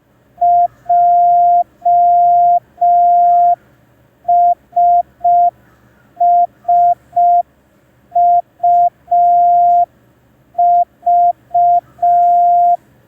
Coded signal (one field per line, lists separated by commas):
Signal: Morse code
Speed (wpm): 5 wpm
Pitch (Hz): 700 Hz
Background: none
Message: JSSUV